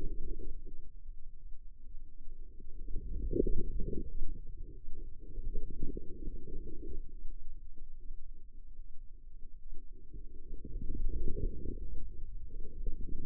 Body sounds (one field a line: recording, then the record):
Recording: forearm muscle sounds (acoustic myography)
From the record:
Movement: inward rotation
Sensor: system 2, bracelet of six BSWA MPA416 microphones around the upper forearm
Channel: 2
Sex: female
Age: 25 years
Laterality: right